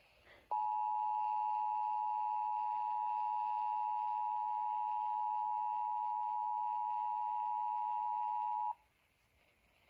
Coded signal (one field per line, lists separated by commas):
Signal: Emergency Alert System (SAME) tones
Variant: 853 and 960 Hz attention tone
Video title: March Madness II… EAS Alerts from 3/15/22 and 3/16/22 | EAS #469 - #507